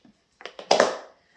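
A plastic snap-lock lid is pushed onto a plastic food storage container with a simple push. A few light taps and clicks come first, then a sharp, loud snap at 0.7 s and a quick second snap right after it. The lid is seated.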